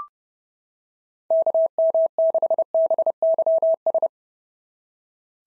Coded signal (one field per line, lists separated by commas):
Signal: Morse code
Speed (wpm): 30 wpm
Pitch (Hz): 650 Hz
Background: none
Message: KM6BYS